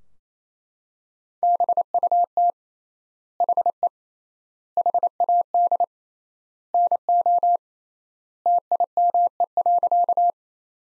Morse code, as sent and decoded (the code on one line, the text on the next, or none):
-... ..- - / .... . / .... .- -.. / -. --- / - .. -- . .-.-.-
BUT HE HAD NO TIME.